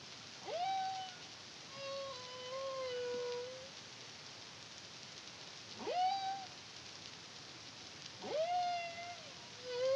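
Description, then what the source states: Humpback whale song: tonal, harmonic-rich moans that swoop up and then level off or gently fall, plus a longer wavering tone, repeating every few seconds against hissing noise. Caribbean, CARIMAM project, 2023.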